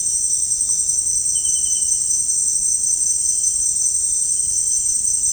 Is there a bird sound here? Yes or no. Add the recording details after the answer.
no. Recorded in dense forest near Puerto Asís, Putumayo, Colombia, on 29 June 2025 at 18:00. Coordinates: 0.481, -76.323. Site G072